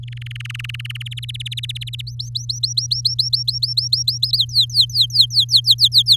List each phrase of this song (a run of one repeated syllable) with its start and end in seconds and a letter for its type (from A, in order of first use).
0.03-1.03 A, 1.05-2.02 B, 2.07-4.37 C, 4.38-6.17 D